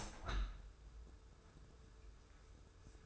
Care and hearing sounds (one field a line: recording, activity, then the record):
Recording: daily activity, microphone in the room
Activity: open window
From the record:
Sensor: 2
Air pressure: 995.6 hPa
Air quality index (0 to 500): 93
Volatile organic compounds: 5 ppm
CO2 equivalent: 1717 ppm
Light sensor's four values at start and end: 24/76/30/29 and 24/77/31/29